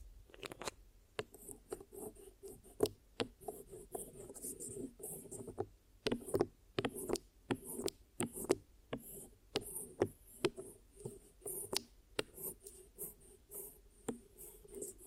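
Ear massage and cleaning sounds: soft rubbing and rasping with sharp, bright crackles and taps that come in quick irregular bursts every fraction of a second. A low steady rumble runs underneath, and the loudness jumps sharply with each touch.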